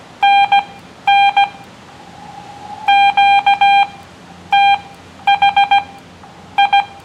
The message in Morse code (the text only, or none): NN QTH I